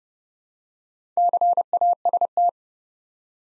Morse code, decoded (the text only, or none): CAST